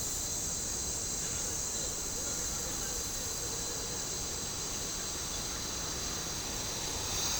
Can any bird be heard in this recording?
no